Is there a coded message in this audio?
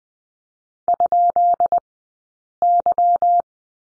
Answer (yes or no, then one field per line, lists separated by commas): yes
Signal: Morse code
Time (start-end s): 0.9-3.4 s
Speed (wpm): 20 wpm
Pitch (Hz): 700 Hz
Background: none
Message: ?Y